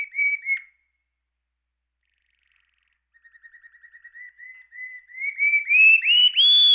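Canary song with a brief whistled phrase, a pause, then a long run of repeated notes that grow louder and rise steadily in pitch into clear whistles.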